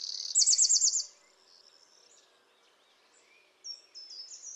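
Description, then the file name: Eurasian wren giving one loud, high, rapid trill lasting nearly a second, followed by faint high notes and a short thin twitter at the end. "Troglodytes troglodytes"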